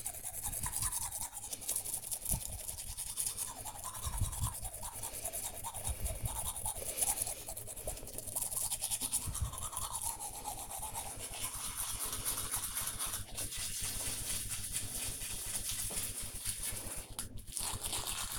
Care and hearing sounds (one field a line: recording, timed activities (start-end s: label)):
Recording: household activities, microphone on the right wrist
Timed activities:
0.00-18.39 s: brushing teeth